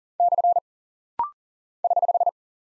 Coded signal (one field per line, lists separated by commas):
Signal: Morse code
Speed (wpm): 40 wpm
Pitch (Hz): 700 Hz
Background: none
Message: / <HH>